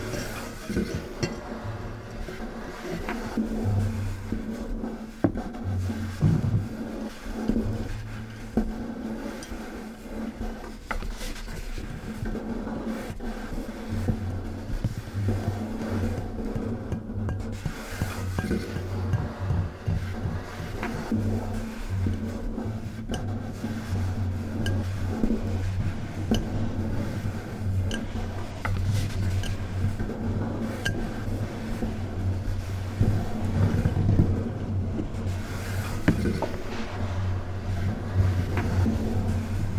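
Close-up household foley: tapping, rubbing and handling of glass and cardboard objects, with scattered clicks and knocks throughout. A low synthesized bass tone sits underneath in sustained notes, dropping out briefly around the middle and returning steadily after fourteen seconds, growing slightly louder toward the end.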